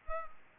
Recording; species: mosquito wingbeat signal from an infrared sensor; Culex pipiens